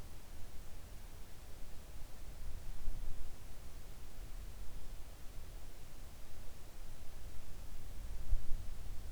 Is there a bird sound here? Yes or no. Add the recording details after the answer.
no. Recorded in the Arctic National Wildlife Refuge, Alaska, on 3 August 2019 at 06:05. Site 41